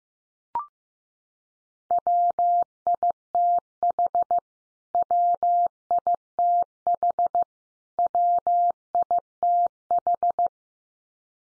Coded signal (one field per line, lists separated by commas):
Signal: Morse code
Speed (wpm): 15 wpm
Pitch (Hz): 700 Hz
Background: none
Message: WITH WITH WITH